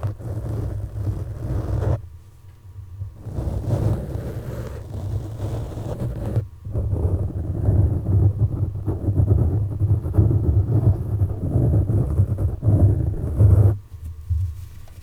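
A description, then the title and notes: Gloved fingers scratch and rub against a microphone in dense, rough bursts, heavy in the low end with a muffled, thudding texture. The scratching stops briefly around two seconds and again near six and a half, then runs continuously until a quieter, sparser stretch after fourteen seconds. ASMR Mic Scratching With Gloves.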